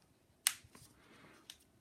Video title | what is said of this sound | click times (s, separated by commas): Review: Edelrid Loopo 2 Lite climbing harness. Worlds lightest harness. Only 80g!! | you close a little clip until you hear it click and then | 0.5 s